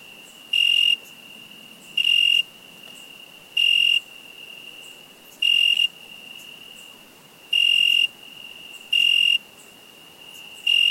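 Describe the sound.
Cricket chirping: loud, high, clear short bursts repeated at somewhat uneven intervals of about one and a half to two seconds over a steady faint high tone.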